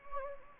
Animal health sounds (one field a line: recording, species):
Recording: mosquito wingbeat signal from an infrared sensor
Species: Anopheles gambiae